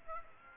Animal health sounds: mosquito wingbeat signal from an infrared sensor; Aedes aegypti

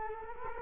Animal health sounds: mosquito wingbeat signal from an infrared sensor; Culex quinquefasciatus

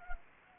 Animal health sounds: mosquito wingbeat signal from an infrared sensor; Anopheles gambiae

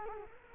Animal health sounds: mosquito wingbeat signal from an infrared sensor; Culex quinquefasciatus

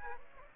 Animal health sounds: mosquito wingbeat signal from an infrared sensor; Aedes aegypti

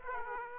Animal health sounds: mosquito wingbeat signal from an infrared sensor; Aedes aegypti

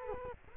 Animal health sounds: mosquito wingbeat signal from an infrared sensor; Culex quinquefasciatus

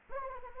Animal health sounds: mosquito wingbeat signal from an infrared sensor; Anopheles arabiensis

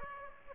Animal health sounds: mosquito wingbeat signal from an infrared sensor; Aedes aegypti

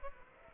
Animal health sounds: mosquito wingbeat signal from an infrared sensor; Aedes aegypti

